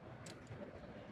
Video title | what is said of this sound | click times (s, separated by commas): Midwest industries New Tools, Mounts and More - SHOT 2022 | combat sights are also real popular real you can hear that real positive click there's no doubt about it | 0.3 s